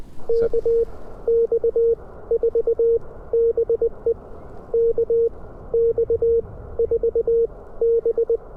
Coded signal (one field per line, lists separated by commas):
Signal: Morse code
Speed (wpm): 20 wpm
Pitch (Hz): 500 Hz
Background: none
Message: KX4BE KX4B